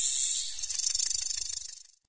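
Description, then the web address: Rattlesnake rattle, a dry high hiss-like buzz lasting about two seconds, loud at first then breaking into fast pulses that fade away. "Education Publishing Images rattlesnake"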